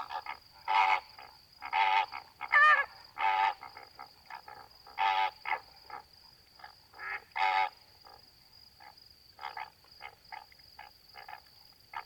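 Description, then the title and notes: Greater flamingo calls, goose-like honks in a loose chattering series, several louder bursts early then quieter clucks, over a constant high tone. Flock feeding calmly at night, standing in water halfway up their legs, occasionally calling; edge of Étang de Vaccarès, Camargue, France; 4 September 2020, 23:10; windless night; Nagra Seven, B&K omni microphone. "Etang de Vaccares - Camargue. Flamant rose ( Phoenicopterus ruber )"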